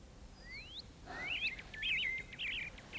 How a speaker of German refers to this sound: Hörst du? Die Vögel singen.